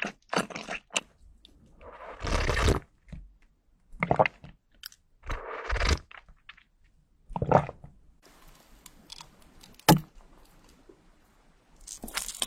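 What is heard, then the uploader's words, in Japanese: Chewing sounds: irregular bursts of crunching and wet mouth noise come every second or two, some short and sharp, others longer and fuller, around 2.5, 4, 6 and 7.5 seconds. Between bites there is near silence, with a faint hiss after eight seconds and a sharp click near ten. 咀嚼音（合集）。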